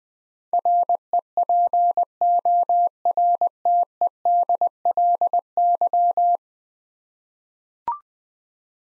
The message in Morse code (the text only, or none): REPORTEDLY